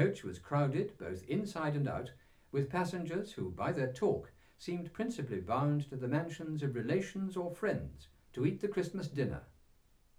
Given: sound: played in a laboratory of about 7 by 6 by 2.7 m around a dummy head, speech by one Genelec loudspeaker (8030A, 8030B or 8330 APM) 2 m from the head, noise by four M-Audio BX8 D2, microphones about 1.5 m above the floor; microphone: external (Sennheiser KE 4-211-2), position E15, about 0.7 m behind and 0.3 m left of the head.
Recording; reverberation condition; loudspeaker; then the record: male speech in English; low; 60 degrees to the left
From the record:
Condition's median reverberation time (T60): about 310 ms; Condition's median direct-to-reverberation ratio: about 3.5 dB